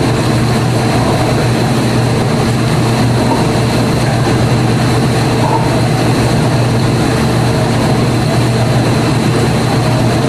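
A dishwasher runs steadily in a kitchen, its motor giving a constant low hum with a strong droning tone underneath. A dense, even wash of rushing water noise sits on top, unchanging for the whole stretch, with a faint high whine running throughout.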